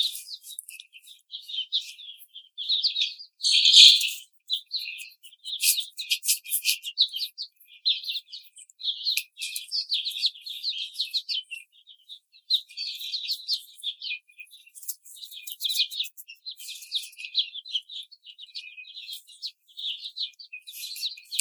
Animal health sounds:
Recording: young laying hens in a cage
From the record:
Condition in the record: treatment cage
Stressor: simulated dog barking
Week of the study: 5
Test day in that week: 1

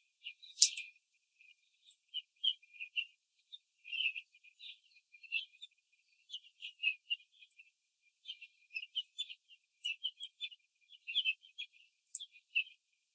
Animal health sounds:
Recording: young laying hens in a cage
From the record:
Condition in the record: control cage, after the stress test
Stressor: none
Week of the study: 4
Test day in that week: 3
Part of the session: 4

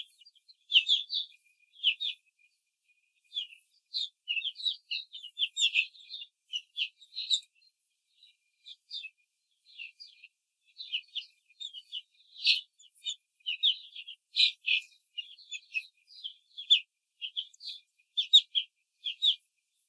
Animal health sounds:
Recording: young laying hens in a cage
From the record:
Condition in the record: control cage, after the stress test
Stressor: none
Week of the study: 4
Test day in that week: 1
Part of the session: 4

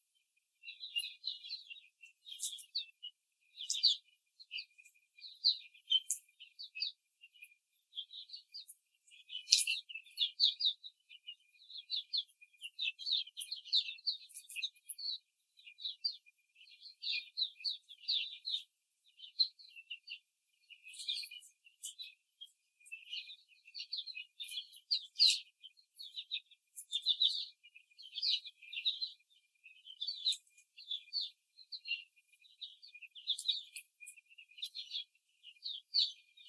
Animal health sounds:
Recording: young laying hens in a cage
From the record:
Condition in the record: before the stressor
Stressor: simulated dog barking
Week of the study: 3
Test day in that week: 2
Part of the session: 3

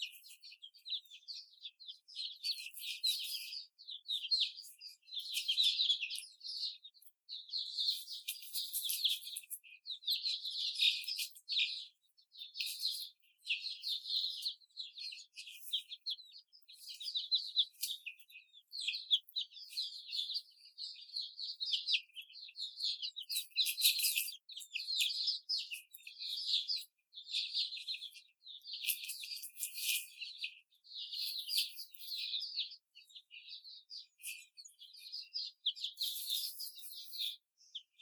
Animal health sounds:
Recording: young laying hens in a cage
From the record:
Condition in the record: before the stressor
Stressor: simulated dog barking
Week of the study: 4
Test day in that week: 2

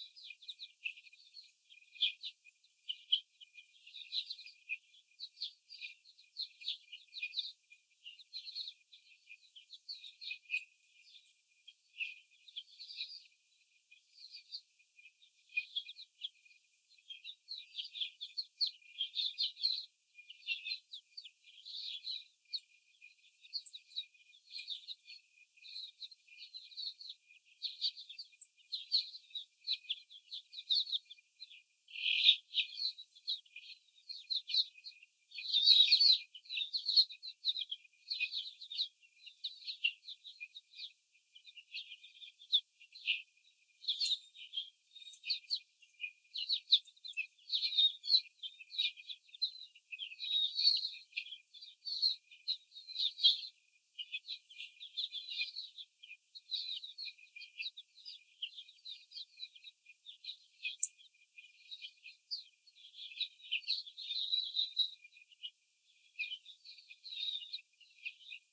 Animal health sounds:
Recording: young laying hens in a cage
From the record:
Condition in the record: after the stressor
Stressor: simulated dog barking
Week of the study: 4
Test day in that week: 3

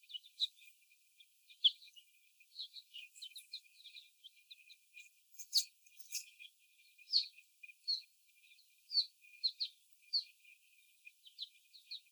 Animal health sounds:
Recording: young laying hens in a cage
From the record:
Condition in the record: before the stressor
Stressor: sudden umbrella opening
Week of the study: 1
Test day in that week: 1

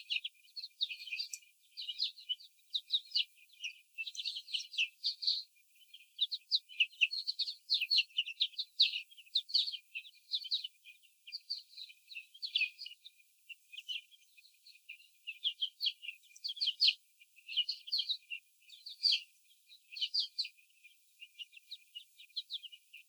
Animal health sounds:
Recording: young laying hens in a cage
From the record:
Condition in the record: before the stressor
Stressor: sudden umbrella opening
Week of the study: 3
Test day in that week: 2

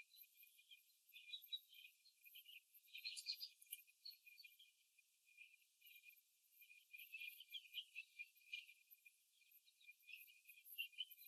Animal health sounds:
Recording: young laying hens in a cage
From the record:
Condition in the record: before the stressor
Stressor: simulated dog barking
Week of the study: 2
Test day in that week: 3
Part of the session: 2

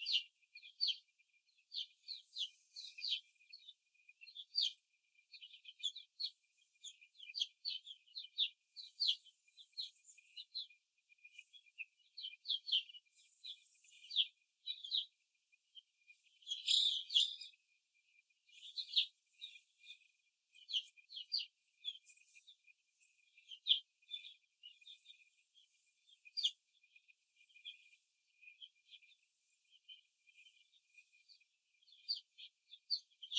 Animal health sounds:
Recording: young laying hens in a cage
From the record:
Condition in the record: after the stressor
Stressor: simulated dog barking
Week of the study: 2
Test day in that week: 2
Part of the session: 2

